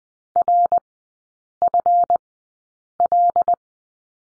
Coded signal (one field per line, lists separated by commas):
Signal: Morse code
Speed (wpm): 20 wpm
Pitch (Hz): 700 Hz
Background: none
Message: RFL